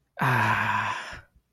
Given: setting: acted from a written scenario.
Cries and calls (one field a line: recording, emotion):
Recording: vocal sound without words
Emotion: contentment